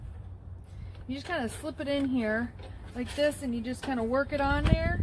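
A plastic or vinyl end cap is slipped onto the end of a hanging rain gutter and worked onto it by hand while someone talks. Nothing has seated or clicked yet; the cap is still being handled when the clip ends.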